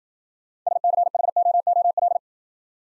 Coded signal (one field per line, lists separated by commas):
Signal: Morse code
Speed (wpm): 53 wpm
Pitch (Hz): 700 Hz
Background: none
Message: SCHOOL